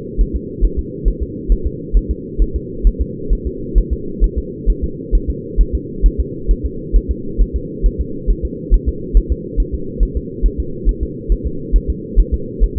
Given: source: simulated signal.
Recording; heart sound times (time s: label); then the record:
fetal heart sounds
0.21 s: S1
0.36 s: S2
0.64 s: S1
0.79 s: S2
1.08 s: S1
1.22 s: S2
1.52 s: S1
1.67 s: S2
1.97 s: S1
2.11 s: S2
2.42 s: S1
2.56 s: S2
2.87 s: S1
3.01 s: S2
3.33 s: S1
3.47 s: S2
3.78 s: S1
3.93 s: S2
4.24 s: S1
4.38 s: S2
4.70 s: S1
4.84 s: S2
5.15 s: S1
5.30 s: S2
5.61 s: S1
5.75 s: S2
6.06 s: S1
6.20 s: S2
6.51 s: S1
6.66 s: S2
6.96 s: S1
7.11 s: S2
7.41 s: S1
7.56 s: S2
7.86 s: S1
8.01 s: S2
8.30 s: S1
8.45 s: S2
8.74 s: S1
8.89 s: S2
9.17 s: S1
9.32 s: S2
9.60 s: S1
9.74 s: S2
10.03 s: S1
10.17 s: S2
10.46 s: S1
10.60 s: S2
10.89 s: S1
11.03 s: S2
11.32 s: S1
11.46 s: S2
11.76 s: S1
11.90 s: S2
12.19 s: S1
12.34 s: S2
12.64 s: S1
12.78 s: S2
From the record:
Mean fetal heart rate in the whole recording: 135 bpm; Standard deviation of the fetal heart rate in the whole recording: 3 bpm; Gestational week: 36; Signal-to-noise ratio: -4.3 dB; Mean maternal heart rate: 72 bpm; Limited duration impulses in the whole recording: absent